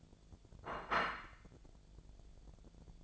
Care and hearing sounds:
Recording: daily activity, microphone in the room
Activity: place plate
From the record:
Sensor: 5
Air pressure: 1000.3 hPa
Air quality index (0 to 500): 125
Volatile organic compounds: 2 ppm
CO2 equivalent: 992 ppm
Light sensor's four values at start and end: 102/240/102/111 and 102/240/102/111

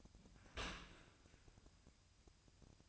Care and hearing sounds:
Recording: daily activity, microphone in the room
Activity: open dishwasher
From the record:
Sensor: 2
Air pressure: 1003.0 hPa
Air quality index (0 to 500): 199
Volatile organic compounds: 6 ppm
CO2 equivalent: 1892 ppm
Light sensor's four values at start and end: 17/40/17/19 and 17/40/17/19

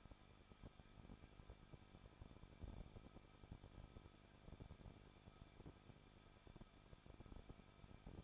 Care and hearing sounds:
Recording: daily activity, microphone in the room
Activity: no activity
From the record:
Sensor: 5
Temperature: 20.9 degrees Celsius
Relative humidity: 38.2%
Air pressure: 1006.4 hPa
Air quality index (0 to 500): 187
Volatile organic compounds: 18 ppm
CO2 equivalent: 2626 ppm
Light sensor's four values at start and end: 2/3/1/1 and 2/3/1/1

